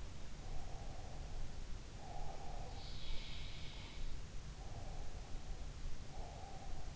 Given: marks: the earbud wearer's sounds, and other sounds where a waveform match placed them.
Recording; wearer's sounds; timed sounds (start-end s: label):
sounds in sleep by an in-ear microphone; breath
0.34-2.91 s: breath
2.49-4.20 s: sound from someone else or the room
4.56-6.96 s: breath